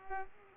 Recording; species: mosquito wingbeat signal from an infrared sensor; Culex pipiens